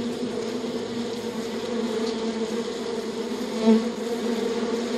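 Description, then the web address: Bee buzzing as a steady low drone that never breaks, with a brief louder swell near the end. "dzwieki natury pszczoly"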